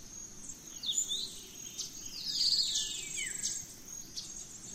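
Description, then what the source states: Birds calling at dawn: scattered high chirps and a few sliding whistled notes, one falling phrase near the middle, beneath a steady shrill background hiss. Dawn chorus of birds in rainforest at Gran Sabana, Venezuela.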